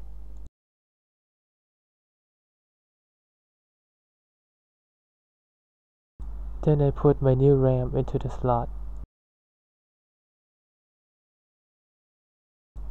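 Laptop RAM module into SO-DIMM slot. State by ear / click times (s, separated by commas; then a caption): not seated / none. A new DDR4 SO-DIMM memory module for an HP 245 14 inch G9 laptop is inserted at an angle into its SO-DIMM slot, lined up before being pushed down. Someone talks from about 6.2 to 9.0 s, with short stretches of low noise at the start and end and silence in between. Nothing has clicked or seated yet.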